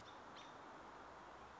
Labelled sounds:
American Robin (Turdus migratorius)
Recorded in Sonoma County, California

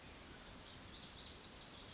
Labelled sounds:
Lazuli Bunting (Passerina amoena)
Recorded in Sonoma County, California

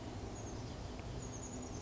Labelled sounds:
Chestnut-backed Chickadee (Poecile rufescens)
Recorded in Sonoma County, California

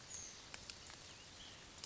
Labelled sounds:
White-breasted Nuthatch (Sitta carolinensis)
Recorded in Sonoma County, California

